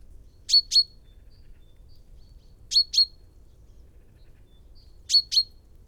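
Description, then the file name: Common chaffinch calling, bright clipped 'pink' notes paired in twos, each pair about two seconds after the last, with a faint low rumble beneath. "Fringilla coelebs"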